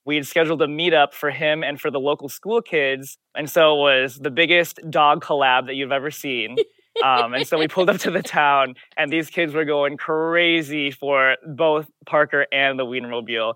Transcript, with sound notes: We had scheduled a meet-up for him and for the local school kids, and so it was the biggest dog collab that you've ever seen. (Laughter) And so we pulled up to the town, and these kids were going crazy for both Parker and the Wienermobile.